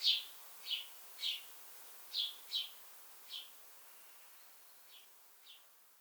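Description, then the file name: House sparrow chirps, a run of sharp notes that grow quieter and sparser toward the end, over light background hiss. "Passer domesticus"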